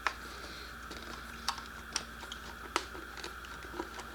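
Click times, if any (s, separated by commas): none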